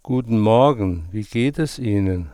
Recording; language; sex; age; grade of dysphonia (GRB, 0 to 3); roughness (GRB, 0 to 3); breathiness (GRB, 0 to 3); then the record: spoken sentence; German; male; 60 to 69 years; 2; 2; 0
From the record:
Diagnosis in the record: contact pachydermia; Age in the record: 63 years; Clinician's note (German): Kontaktpachydermie ohne "Kontaktpachydermie", leicht hypoton